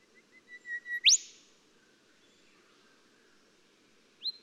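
Golden whistler song: a string of even whistled notes swelling to a loud rising whip, with another short upslurred note near the end.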